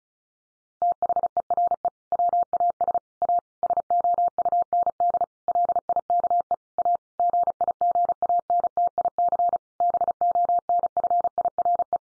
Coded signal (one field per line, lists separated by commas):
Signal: Morse code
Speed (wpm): 34 wpm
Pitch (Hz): 700 Hz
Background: none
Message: THERE WAS A SOUND LIKE A GIGANTIC BONFIRE